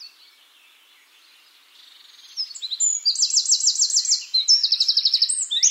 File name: Troglodytes troglodytes